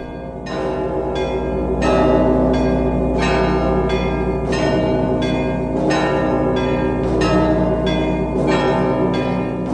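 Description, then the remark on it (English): Church bells ring at dawn over snow-covered ground in a steady, rhythmic peal, each strike overlapping the resonant hum of the last, loud and continuous with no voices present. “The church chimes float through the air, and then the sun, a fiery ball, floats up into the skies.”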